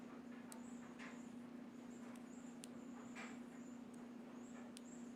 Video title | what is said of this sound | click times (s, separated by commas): LIVE Developing 35mm Color Film | Now I just got to spin until I hear a good click. | 4.8 s